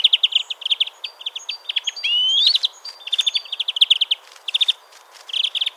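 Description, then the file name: European greenfinch pouring out quick rolling twitters and chips, with one clear rising wheeze near the middle, the notes running together in a busy stream. "Chloris chloris"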